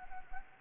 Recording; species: mosquito wingbeat signal from an infrared sensor; Anopheles gambiae